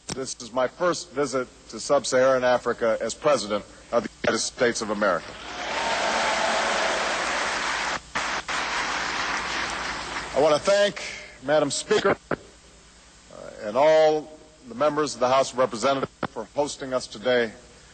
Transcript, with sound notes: this is my first visit to sub-Saharan Africa as President of the United States of America. (Applause.)
I want to thank Madam Speaker and all the members of the House of Representatives for hosting us today.